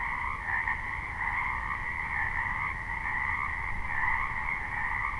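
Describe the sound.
Frog chorus of steady, interwoven croaks making a uniform buzzing hum, with a deep background rumble throughout.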